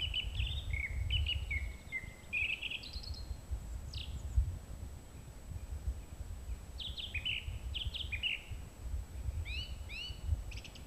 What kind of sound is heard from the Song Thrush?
song